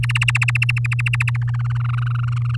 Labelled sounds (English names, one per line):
Domestic Canary song